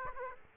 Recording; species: mosquito wingbeat signal from an infrared sensor; Aedes aegypti